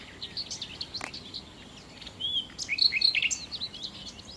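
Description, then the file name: Common nightingale: songbird delivering quick varied chirps and whistles that grow louder midway into a busy tangle of sharp notes. "Nachtigall"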